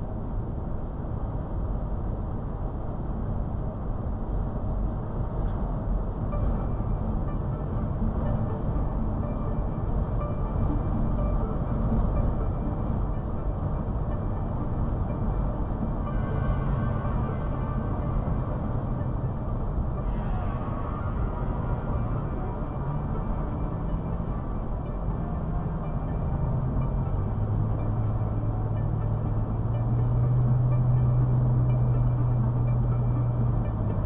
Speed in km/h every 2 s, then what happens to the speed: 93, 95, 97, 98, 98, 100, 100, 100, 98, 97, 95, 92, 90, 89, 89, 90, 92.
0-15 steady at about 98. 15-24 slows to 90. 24-34 steady at about 90.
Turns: none.